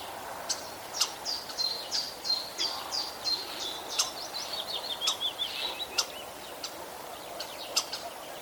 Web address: vogelstimmen star ruf nabu lars lachmann